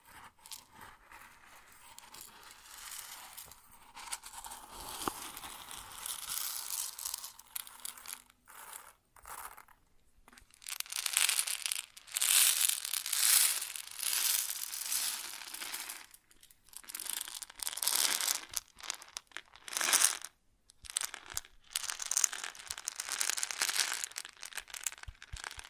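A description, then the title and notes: Grain pours and shifts in dense, gritty rustling bursts, quieter early, heaviest around 10 to 20 seconds, with brief pauses between. ASMR Grain Sounds (No Talking).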